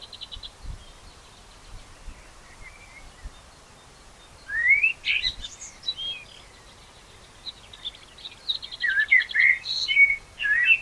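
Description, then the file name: Common blackbird song, a fluty warbled phrase with high twittering, then after a pause another run of whistles. "Turdus merula"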